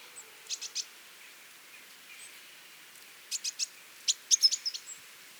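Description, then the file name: Great tit calls: short notes in groups, three at the start, three more after a pause, then a denser burst of five or six near the end. "Parus major"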